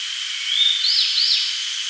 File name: Emberiza variabilis